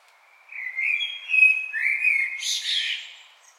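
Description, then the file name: Common blackbird song: one phrase of low, flowing whistled notes that climbs into a bright, scratchy twitter at its end. "Turdus merula"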